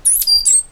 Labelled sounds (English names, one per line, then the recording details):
Stitchbird song
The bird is a male
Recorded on Tiritiri Matangi Island, New Zealand, in 2005
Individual 8, of nest box 10